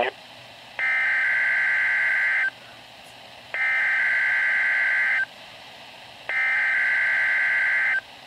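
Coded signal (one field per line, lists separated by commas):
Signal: Emergency Alert System (SAME) tones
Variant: header bursts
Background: speech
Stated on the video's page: Required Weekly Test on NOAA weather radio station KEC63, which was running in backup mode during maintenance; the alert tone may be loud.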